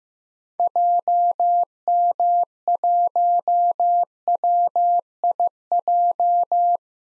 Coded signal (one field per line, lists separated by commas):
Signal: Morse code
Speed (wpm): 15 wpm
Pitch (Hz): 700 Hz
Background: none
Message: JM1WIJ